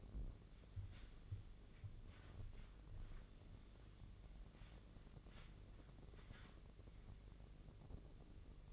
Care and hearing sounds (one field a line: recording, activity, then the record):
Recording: daily activity, microphone in the room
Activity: wipe stove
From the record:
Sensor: 4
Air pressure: 1013.2 hPa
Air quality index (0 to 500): 177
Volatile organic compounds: 2 ppm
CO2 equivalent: 1115 ppm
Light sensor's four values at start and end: 98/245/101/107 and 97/244/101/107